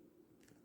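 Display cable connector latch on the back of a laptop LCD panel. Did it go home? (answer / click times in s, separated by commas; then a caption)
yes / 0.5 s. On a Lenovo Legion Y530-15ICH (81FV) laptop, the latch on the display (eDP) cable connector at the back of the new LCD panel is pressed down to lock the cable in. Over a steady low hum, one short sharp click sounds at 0.5 s as the latch snaps shut and the connector is seated.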